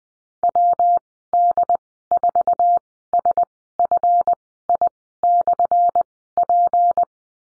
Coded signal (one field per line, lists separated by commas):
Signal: Morse code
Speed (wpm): 20 wpm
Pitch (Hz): 700 Hz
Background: none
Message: WD4SFI/P